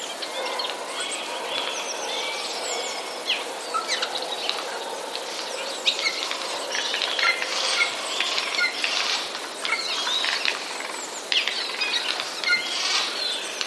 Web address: wroblowe ostrzegator szczebiot sojek 31 03 2013